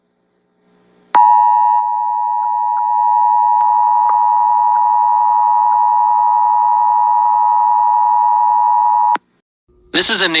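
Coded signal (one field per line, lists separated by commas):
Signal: Emergency Alert System (SAME) tones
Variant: 853 and 960 Hz attention tone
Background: speech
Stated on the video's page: Nationwide EAS test heard on a living-room TV tuned to a broadcast station during a movie.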